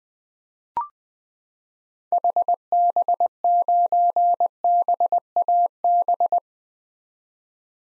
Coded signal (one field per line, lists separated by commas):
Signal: Morse code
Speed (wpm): 21 wpm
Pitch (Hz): 700 Hz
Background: none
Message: HB9BAB